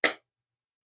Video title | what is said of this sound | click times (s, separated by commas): Cold Steel Kudu Lite (CS20KJ) | snaps closed. Very, very aggressive snap. Those are very strong springs. | 0.0 s